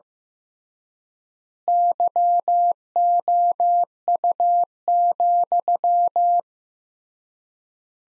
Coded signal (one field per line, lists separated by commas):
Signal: Morse code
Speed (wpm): 15 wpm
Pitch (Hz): 700 Hz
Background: none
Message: YOU,